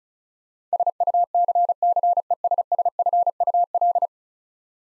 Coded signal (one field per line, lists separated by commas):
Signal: Morse code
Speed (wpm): 36 wpm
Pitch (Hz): 700 Hz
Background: none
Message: SUCCESSFUL